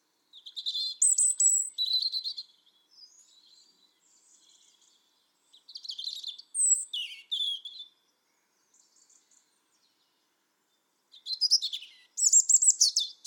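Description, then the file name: European robin song: several short bursts of high, sweet warbling and trills, each followed by a pause; a fainter high phrase carries through one of the gaps. "Erithacus rubecula"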